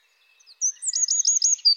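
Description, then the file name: Eurasian wren giving a brief burst of high, rapid chattering notes, quickly repeated. "troglodyte"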